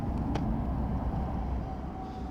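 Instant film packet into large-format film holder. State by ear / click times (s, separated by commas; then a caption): seated / 0.4 s. A Type 55 instant film packet is pushed all the way into a large-format Polaroid film holder outdoors next to heavy traffic, after waiting for a quieter moment so the small click could be heard. Over a steady low rumble of traffic, a short, bright click sounds at 0.4 s, showing the packet is fully seated in the holder.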